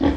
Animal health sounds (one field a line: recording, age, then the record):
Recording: pig call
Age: growing-finishing pig (85 days or more)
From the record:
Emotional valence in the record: negative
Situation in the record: barren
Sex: female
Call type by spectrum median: low-frequency call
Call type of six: low-frequency stable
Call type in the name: low-frequency stable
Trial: 2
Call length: 0.17 s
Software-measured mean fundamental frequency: 41 Hz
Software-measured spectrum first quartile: 230 Hz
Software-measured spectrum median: 328 Hz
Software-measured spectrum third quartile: 659 Hz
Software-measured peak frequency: 286 Hz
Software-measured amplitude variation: 140 dB a second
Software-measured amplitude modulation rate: 14.6 a second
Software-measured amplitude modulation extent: 9.6 dB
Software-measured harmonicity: 2.6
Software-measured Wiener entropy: -1.06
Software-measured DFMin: 1223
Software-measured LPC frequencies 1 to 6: 334, 851, 1824, 3288, 5087, 5844 Hz